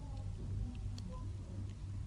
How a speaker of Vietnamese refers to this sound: Tiếng đánh lưỡi gần gần.